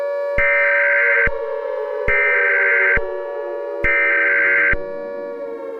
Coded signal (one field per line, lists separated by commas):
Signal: Emergency Alert System (SAME) tones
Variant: header bursts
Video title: EAS 4th of July Special: Firework Mayhem